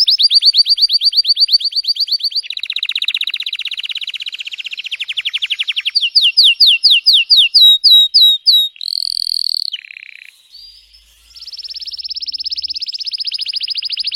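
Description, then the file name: Canary song of linked rolling trills changing speed and pitch, a run of clear separate notes, a harsh buzz, a brief lull, then another steady trill. Song of a red frosted Belgian canary. "canto do canario belga vermelho nevado"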